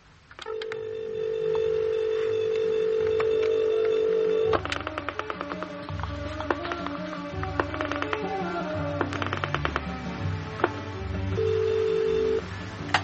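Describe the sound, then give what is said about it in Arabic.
A steady dial tone hums, then a quick run of sharp, beeping keypad tones punches out a phone number in uneven bursts before the tone returns briefly at the end. No one speaks. “تعالى يا تليفون الهنا.”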